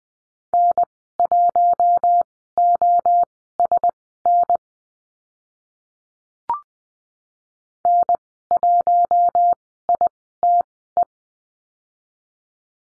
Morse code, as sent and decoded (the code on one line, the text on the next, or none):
-. .---- --- ... -. / -. .---- .. - .
N1OSN N1ITE